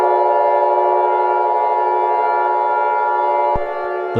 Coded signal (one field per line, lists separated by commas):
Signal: Emergency Alert System (SAME) tones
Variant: 853 and 960 Hz attention tone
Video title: (EAS Scenario #4) The Universe turns upside down - Remastered